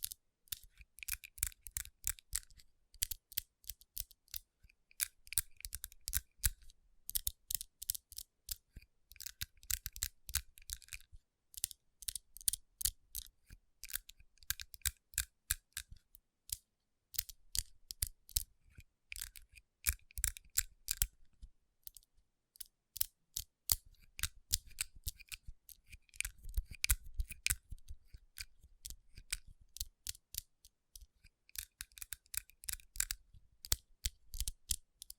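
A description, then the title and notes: Fingers tap and rub across rhinestone-covered palms, making crisp, bright clicks and scratchy rustles in quick, uneven bursts. The activity comes in clusters with short pauses, and a clear lull near the twenty-second mark before dense tapping resumes. Tapping & Rubbing Rhinestone Covered Palms.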